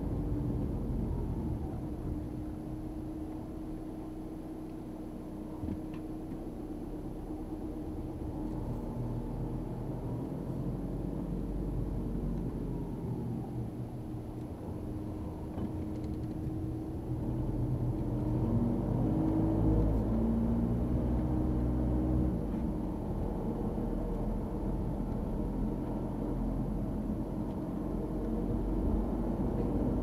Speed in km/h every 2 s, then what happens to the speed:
15, 4, 2, 6, 13, 17, 11, 9, 10, 15, 21, 22, 24, 27, 27.
0-2 brakes to 4. 5-10 pulls away to 17. 10-13 slows to 9. 15-30 speeds up to 27.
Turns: 14-17.